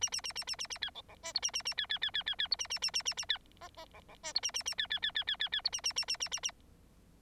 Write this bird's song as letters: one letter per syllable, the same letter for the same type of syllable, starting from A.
A A A A A A A B C C D E A A A B B B B B B E A A A A A A B F F C C D E A A A B B B B B B B E A A A A A A A